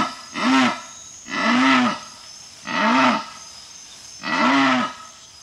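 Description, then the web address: Jaguar calls: four deep, rough, sawing grunts spaced just over a second apart, each swelling briefly before fading. Recorded in the South American rainforest. "Natures Songs S America Mammals of the Rainforest Jaguar"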